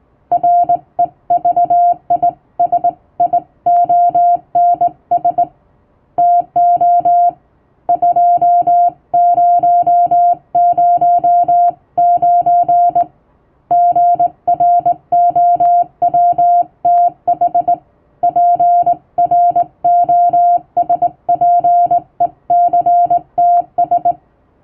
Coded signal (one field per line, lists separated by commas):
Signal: Morse code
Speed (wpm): 20 wpm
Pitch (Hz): 700 Hz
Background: music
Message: REVISIONS TO 2009 GROWTH PROSPECTS